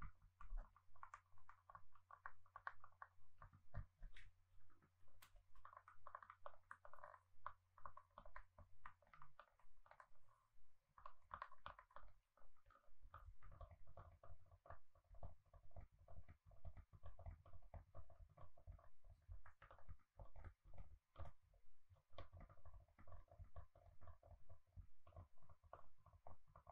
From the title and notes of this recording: ASMR Gentle Tapping to Help You Sleep (No Talking).